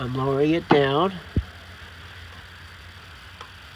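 A spark plug on its socket tool is lowered down the plug well of the aluminium cylinder head of a 2014 Infiniti QX60 during a tune-up, only being positioned and lined up before threading. Someone talks for the first second, followed by a short low thump near 1.4 s, then quiet background hum with a faint tick at 3.4 s. Nothing has seated or clicked yet.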